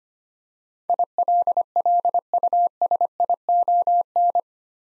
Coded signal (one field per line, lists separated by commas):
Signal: Morse code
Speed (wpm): 25 wpm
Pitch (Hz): 700 Hz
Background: none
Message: ILLUSION